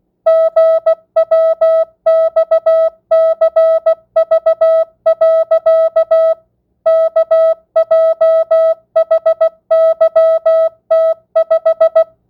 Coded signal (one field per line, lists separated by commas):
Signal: Morse code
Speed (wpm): 16 wpm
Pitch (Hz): 650 Hz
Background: music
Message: GWXCV. KJHYT5